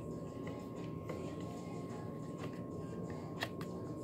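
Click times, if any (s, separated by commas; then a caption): none. A plastic handle section is handled against the handle of a Scrubbing Bubbles Toilet Fresh Brush starter kit as the pieces are brought together to be pushed until they lock. Only faint, brief handling ticks sound over a steady background hum and a constant high tone, the loudest at about 3.4 s. Nothing has seated or clicked yet.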